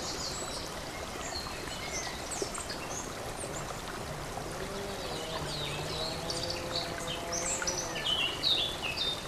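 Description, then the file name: Warbler song of fast, varied high twitters continuing throughout, over the steady rush of flowing water. Warbler recorded beside a stream; date 24 04 15 given in title; recorded on an MZ-N 710 device. "Fauvette et ruisseau 24 04 15"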